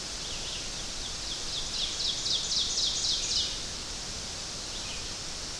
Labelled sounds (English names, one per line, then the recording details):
Ovenbird song
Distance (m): 50 m
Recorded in boreal forest in Alberta, Canada, on 12 June 2016 at 07:12
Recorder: SongMeter 3, array SBT-3-18
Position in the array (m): 239 m, 84 m
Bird 31